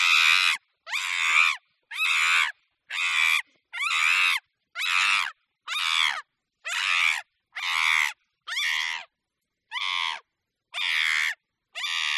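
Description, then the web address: Chimpanzee giving a long series of harsh, rasping screams, repeated roughly once a second with short silences between them. "cri dun chimpanze dans la nature"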